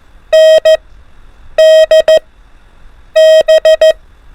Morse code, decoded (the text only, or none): N D B